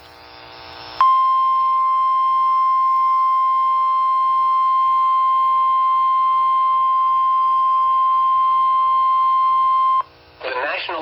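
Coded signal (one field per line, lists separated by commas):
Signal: Emergency Alert System (SAME) tones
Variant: 1050 Hz attention tone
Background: speech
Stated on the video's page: Severe thunderstorm warning received on NOAA Weather Radio transmitter WXJ73, covering Iowa and Illinois.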